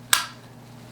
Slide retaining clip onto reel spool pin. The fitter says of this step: slide that into place lock her in then